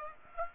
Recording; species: mosquito wingbeat signal from an infrared sensor; Aedes aegypti